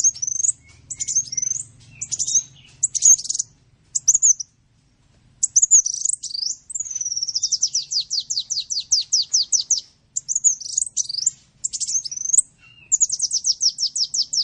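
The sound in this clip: Bird singing high twisting phrases interspersed with long, fast rattling trills, with short pauses between bursts; faint low rumble early on.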